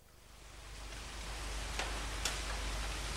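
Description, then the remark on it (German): Steady rain falls on a cool Good Friday morning of about 16 degrees, hissing without a break and swelling slightly in loudness, with a couple of sharp little ticks like drops striking something. No voices. “Karfreitagmorgen. Es regnet.”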